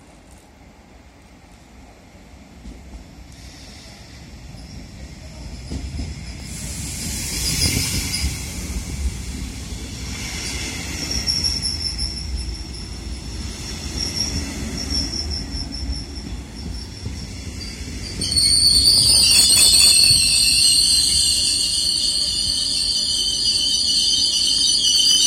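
A regional train pulls into a station, its low rumble building steadily until high, sustained wheel squeals ring out over the final seconds.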